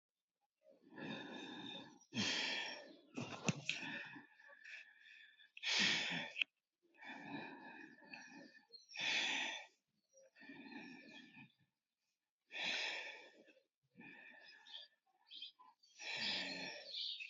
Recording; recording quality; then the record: deep breathing; excellent, no background noise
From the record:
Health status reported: healthy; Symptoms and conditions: none ticked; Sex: male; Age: 25 years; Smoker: not ticked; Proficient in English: yes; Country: India